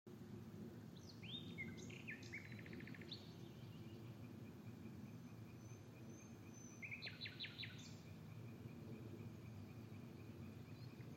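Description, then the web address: Bird calls: a few brief chirps and a rapid clicking series near the start, another stuttered burst later, with a thin high tone and constant low background hum. "Bird Only"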